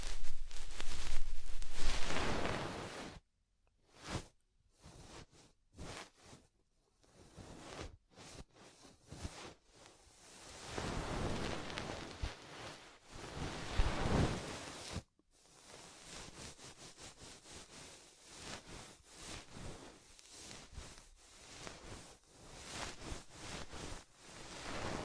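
Soft, fluffy rustling triggers, opening with a dense, full swish for about three seconds. After that come short brushes broken by brief silences, slower swelling sweeps around ten to fourteen seconds, then a steady run of quick, quieter strokes to the end.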